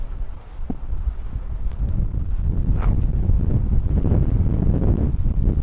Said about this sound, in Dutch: Nou, je hoort ondertussen dat de wind... behoorlijk tekeer gaat.